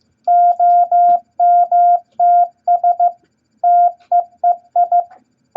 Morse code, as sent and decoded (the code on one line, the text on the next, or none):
--- -- - ... / - . . ..
OMTS TEEI